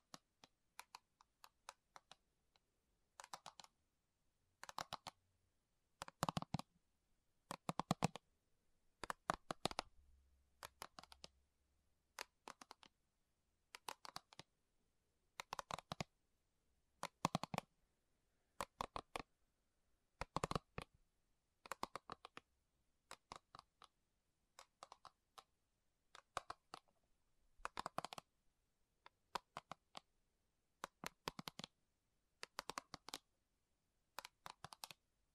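Slow tapping on metal, each tap a short bright click, often landing in quick pairs or small clusters. The taps come every second or so across the whole stretch, with near silence between them. A faint low hum rises briefly around the tenth second.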